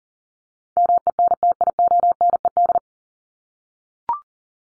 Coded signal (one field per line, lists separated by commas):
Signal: Morse code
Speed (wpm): 40 wpm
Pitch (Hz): 700 Hz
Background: none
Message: MENTIONED